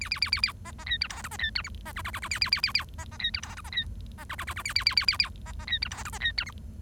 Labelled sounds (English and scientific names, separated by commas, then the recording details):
Bengalese Finch (Lonchura striata domestica) song
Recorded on 1 October 2012 at 07:24
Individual or60yw70